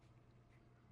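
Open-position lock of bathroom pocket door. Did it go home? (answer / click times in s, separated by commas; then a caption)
no / none. A bathroom pocket door in a 2024 Dutch Star is handled after its lock is pressed down to release it, with the door being slid toward the open position. A steady low hum sits under faint broadband handling noise. The clip ends before the open-position lock latches, so nothing has seated or clicked yet.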